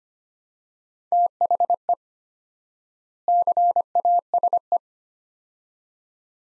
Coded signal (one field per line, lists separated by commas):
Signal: Morse code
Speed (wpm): 25 wpm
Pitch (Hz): 700 Hz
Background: none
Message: THE CASE